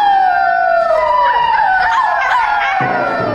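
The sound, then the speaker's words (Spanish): Several wolves howl together in a sustained chorus in rainy, very dark weather, their long, wavering tones overlapping and slowly sliding downward in pitch, with no talking. “Está lleno de lobos.”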